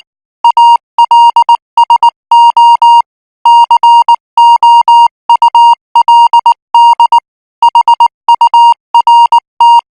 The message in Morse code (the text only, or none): ALSO COULD HURT